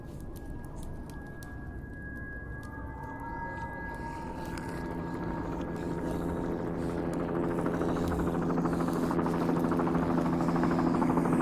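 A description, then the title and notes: A zombie apocalypse ambience builds steadily, starting as a low rumbling drone with a thin high tone hovering near the start. Over the eleven seconds it grows louder and denser, with droning layers swelling and scattered clicks and crackles sprinkled throughout. Zombie apocalypse ASMR Ambience.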